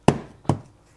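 Plastic snap clips on the battery compartment cover of a 2012 MINI are pushed back into their holes after a new battery is installed. Two sharp snaps are heard at 0.1 s and 0.5 s, the first louder, with no talk. Both clips seat.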